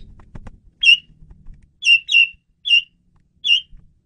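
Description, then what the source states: Asian pied starling calls: five short, bright, slightly buzzy chirps spaced unevenly, with brief low rumbling noise at the start. Female bird used as a lure (pemikat).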